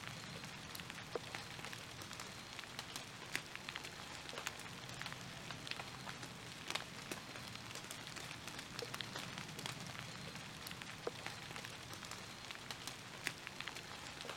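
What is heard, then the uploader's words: Light rain falls on brick in a steady, even patter, with dense scattered drop clicks throughout and sharper individual taps every second or so. A soft low rumble sits underneath, and the level stays constant from start to finish. Light Rain on Brick. Relaxing Falling Rain. No Thunder.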